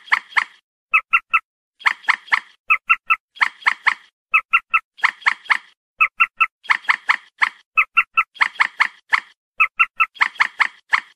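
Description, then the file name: Purple swamphen repeating alternating sets of clearer clucks and buzzier, rougher notes in a continuous rhythmic chatter. "Tieng trich re keu"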